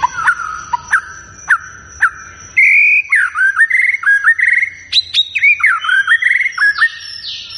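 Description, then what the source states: White-rumped shama singing: spaced sharp clicks at first, then a lively run of looping whistled notes. Lure recording meant to provoke a response, featuring a shama described as singing persistently and vigorously.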